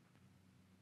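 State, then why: Not seated. Plastic side feather panels of a 52Toys Beastbox BB-09 Echoblaster, a transforming cube-to-bird figure, are pushed down onto the main tail feather. Only a steady low hum and faint handling noise are heard, with no sharp transient. Nothing has seated or clicked yet.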